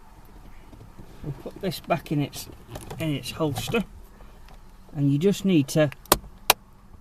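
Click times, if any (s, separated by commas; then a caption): 6.1 s, 6.5 s. A Noza Tec 7-inch sat nav unit is pushed back into its plastic windscreen mount holster (cradle) while someone talks. It clicks home on the little T catch with two sharp clicks at 6.1 s and 6.5 s, and the unit is seated.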